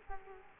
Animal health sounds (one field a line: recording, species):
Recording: mosquito wingbeat signal from an infrared sensor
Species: Culex quinquefasciatus